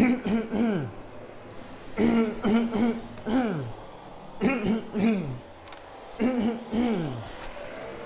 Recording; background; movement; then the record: throat clearing; traffic; walking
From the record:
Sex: male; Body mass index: 20.6 kg/m2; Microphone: on the chest, facing outward